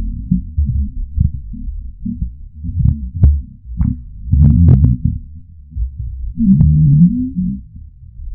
Intensive Hunger Moans Deep Pitched Grumbles of My Stomach.